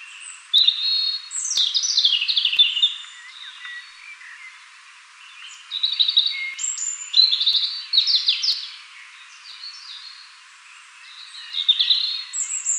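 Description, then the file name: European robin singing high, varied phrases of thin whistles, slurred trills and sharp notes, in a few bursts separated by pauses. "Erithacus rubecula"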